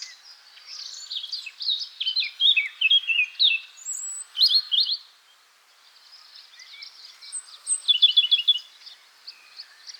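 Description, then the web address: Eurasian blackcap singing a jumbled warble in two bursts of rapid chattering notes separated by a brief lull, with fainter twittering continuing underneath. "SETE Sylvia atricapilla"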